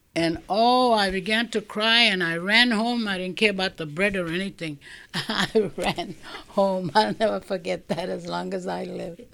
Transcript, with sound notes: And, oh, I began to cry and I ran home. I didn't care about the bread or anything. ( she laughs ) I ran home. I'll never forget that as long as I live.